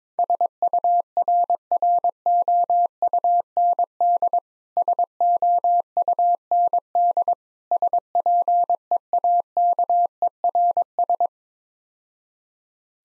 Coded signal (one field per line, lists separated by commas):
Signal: Morse code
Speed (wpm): 22 wpm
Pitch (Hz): 700 Hz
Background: none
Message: SURROUND SOUND SPEAKERS